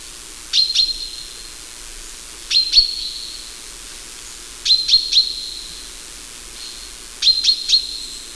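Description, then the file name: Common chaffinch calling with crisp, high notes in pairs and triplets, each followed by a lingering ringing tone, repeated about every two seconds. "Fringilla coelebs"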